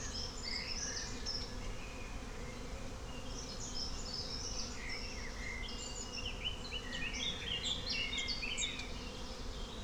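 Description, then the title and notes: A constant low bee hum runs under birds giving repeated chirps and trills. Bees with birds in a forest, Klettenstieg, Rahlstedt, Hamburg, Germany, in May in fine spring weather; recorded on an Olympus LS12 with a double-neck microphone. "Klettenstieg, Rahlstedt, Wandsbek, Hamburg, 22143, Deutschland - Bienen und Vögel im Wald - im Mai. 1A Frühlingwetter. Die Bienen, genauso wie die Vögel geben alles. Aufnahme mit dem Olympus LS12 mit dem Badewannen-Doppelnacken-Mikrofon"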